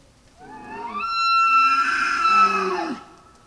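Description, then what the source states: Tule elk bugle, rising from a low groan into a sustained piercing whistle with rough overtones, falling away steeply at the end. Male.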